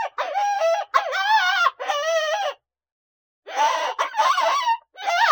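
Coyote pups calling in quavering, harmonic wails: three long cries, a second of silence, then more wavering cries.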